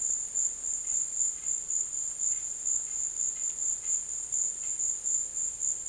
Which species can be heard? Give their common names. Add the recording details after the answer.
none. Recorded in dense forest near Puerto Asís, Putumayo, Colombia, on 23 June 2025 at 14:00. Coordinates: 0.484, -76.325. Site H65